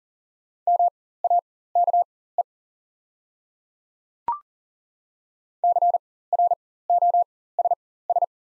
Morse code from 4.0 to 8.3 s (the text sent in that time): CROSS